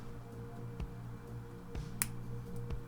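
A resin track pin slides into a brittle 3D-printed link of a 1/35 model tank track. At 2.0 s there is a single sharp, loud snap as the pin blows out the corner of the link instead of clicking into place. The pin is left exposed and not properly held, and a steady hum runs underneath.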